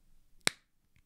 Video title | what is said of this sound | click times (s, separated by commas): Trezor Model T Unboxing and Initial Set Up Guide | and make sure it's all the way plugged in when you hear a click | 0.5 s